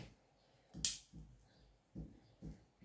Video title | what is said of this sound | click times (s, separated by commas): How to extend a Dexcom G6 sensor | that transmitter back in and we'll hear it click | 0.8 s